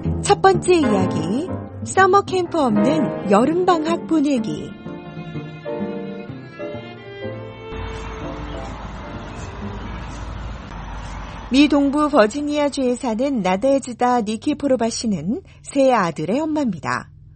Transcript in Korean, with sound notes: “첫 번째 이야기, 써머캠프 없는 여름방학 보내기” [현장음:버지니아 나데즈다 니키포로바 씨 집] 미 동부 버지니아주에 사는 나데즈다 니키포로바 씨는 세 아들의 엄마입니다.